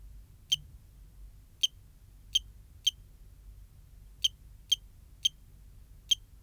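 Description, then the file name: Cricket giving sharp, high chirps, eight, unevenly spaced, sometimes close pairs, against a quiet low rumble. "Eugrylloides pipiens"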